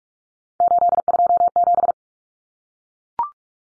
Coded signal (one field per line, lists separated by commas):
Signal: Morse code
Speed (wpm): 44 wpm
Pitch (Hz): 700 Hz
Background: none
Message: 827